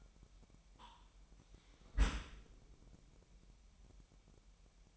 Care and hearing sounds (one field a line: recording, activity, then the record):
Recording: daily activity, microphone in the room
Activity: close dishwasher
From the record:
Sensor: 1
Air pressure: 998.4 hPa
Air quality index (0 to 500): 138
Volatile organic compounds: 4 ppm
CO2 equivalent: 1657 ppm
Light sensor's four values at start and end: 16/55/22/22 and 16/55/22/22